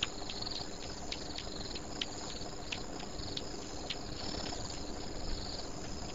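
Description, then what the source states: Bat clicking, short dry ticks spaced irregularly, a few every second, over constant low hiss. Recorded at a pond.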